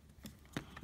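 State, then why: Seated. While reassembling a small butane torch after cleaning out bad butane that plugged its nozzles, an internal part is held out and pushed into the torch body, making a few light clicking taps at about 0.3, 0.5 and 0.8 seconds. The loudest, sharpest click at 0.6 seconds is the part snapping into place inside the housing, confirmed seated.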